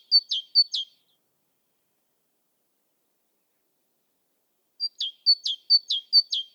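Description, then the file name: Great tit song: two high-low phrases, a pause of several seconds of silence, then another run of several rapid two-note phrases, cut off at the end. "Parus major"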